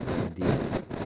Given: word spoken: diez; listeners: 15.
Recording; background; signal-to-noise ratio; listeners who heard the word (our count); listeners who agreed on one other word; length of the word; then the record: one Spanish word in noise, from a listening test; noise modulated by three-talker babble; -7.1 dB; 0 of 15; 6 of 15; 0.65 s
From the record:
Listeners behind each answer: 6, 2, 2, 1, 1, 1, 1, 1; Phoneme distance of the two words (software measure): 27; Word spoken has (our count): 1 syllable, 4 phonemes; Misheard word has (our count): 2 syllables, 3 phonemes, stress on syllable 1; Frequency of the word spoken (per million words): 164.61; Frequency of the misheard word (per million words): 727.07